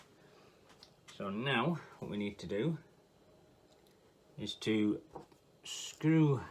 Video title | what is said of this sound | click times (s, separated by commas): How To: Install a Gpu | then gently push in until you get a satisfying click. | 0.8 s